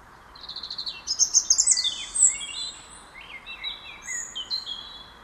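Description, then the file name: European robin song, a fast run of high trilled notes followed by sliding whistles and softer twitters, over a steady hiss. "Erithacus rubecula"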